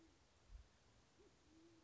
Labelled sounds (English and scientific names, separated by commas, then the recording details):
Band-tailed Pigeon (Patagioenas fasciata)
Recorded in Sonoma County, California